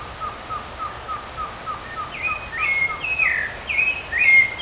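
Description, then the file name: Rufous-bellied thrush: slurred, warbled phrases that build in loudness, over a soft steady ticking, with a high drawn-out whistle above. Recorded at Parque do Caracol, Canela, Rio Grande do Sul, Brazil, on 30 October 2013. "Turdus-rufiventris-Pq Caracol Canela RS-30-10-13-ASilveira"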